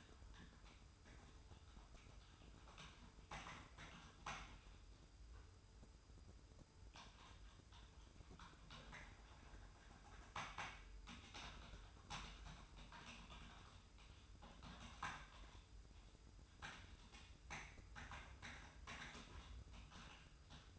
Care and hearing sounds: daily activity, microphone in the room; typing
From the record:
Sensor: 2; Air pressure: 990.8 hPa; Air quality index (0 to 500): 144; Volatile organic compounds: 297 ppm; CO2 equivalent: 4474 ppm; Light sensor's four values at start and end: 27/69/27/29 and 27/69/27/28

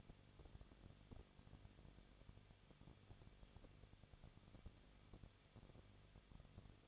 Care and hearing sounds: daily activity, microphone in the room; no activity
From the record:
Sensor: 4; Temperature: 23.0 degrees Celsius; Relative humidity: 34.3%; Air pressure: 1007.3 hPa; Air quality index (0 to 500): 217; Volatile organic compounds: 15 ppm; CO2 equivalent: 2515 ppm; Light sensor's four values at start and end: 2/3/1/1 and 2/3/1/1

